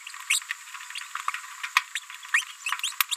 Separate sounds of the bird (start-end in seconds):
0.30-0.39, 0.97-1.00, 1.95-1.99, 2.83-2.91, 3.11-3.15